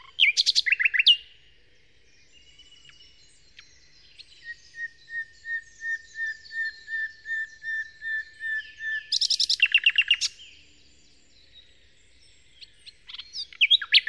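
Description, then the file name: Common nightingale song: rapid rattling phrases, then a slow series of pure sustained whistles repeated steadily, followed by a burst of loud chattering notes. Song, Kent, 2008. "nightingale-song-recorded-in-kent-2008-by-phil-riddett"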